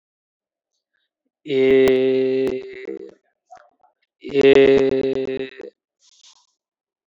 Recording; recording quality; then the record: sustained vowel as in made; excellent, no background noise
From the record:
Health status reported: healthy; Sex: male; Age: 37 years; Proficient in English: yes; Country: India